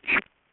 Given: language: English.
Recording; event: throat vibration sensor signal played as sound; swallow